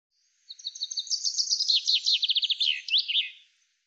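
Common chaffinch song: a run of high notes that drops in pitch, ending in a final twisting flourish.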